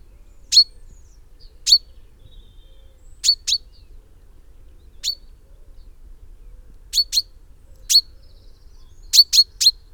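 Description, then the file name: Common chaffinch calling with short, sharp, high notes, given singly, in quick pairs or in one quick triplet, at irregular intervals over ten seconds of quiet. "Fringilla coelebs"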